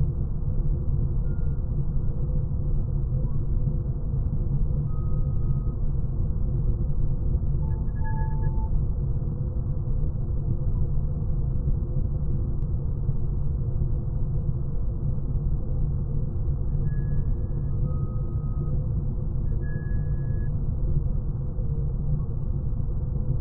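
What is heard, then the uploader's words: A steady Razor Crest ambience: a deep, dense engine rumble that holds level for the whole stretch, with nothing above the low and middle range. Faint short electronic tones blip in now and then, around five, eight, seventeen and twenty seconds. Razor crest ambience. Ambience to mimic the crest.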